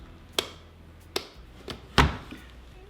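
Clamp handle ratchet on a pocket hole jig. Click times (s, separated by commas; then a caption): 0.4 s, 1.2 s. The toggle clamp handle on a Kreg Jig K5 pocket hole jig is lifted while the clamp is held against a 3/4 inch board, giving two sharp ratchet clicks at 0.4 s and 1.2 s. Softer knocks follow near 1.7 s, 2.0 s and 2.3 s. The clamp ratchets twice and locks against the board.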